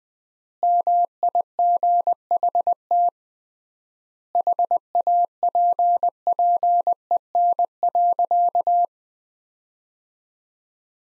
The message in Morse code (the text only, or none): MIGHT HAPPEN.